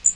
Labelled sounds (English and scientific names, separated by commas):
Blackpoll Warbler (Setophaga striata) flight call